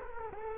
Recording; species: mosquito wingbeat signal from an infrared sensor; Culex quinquefasciatus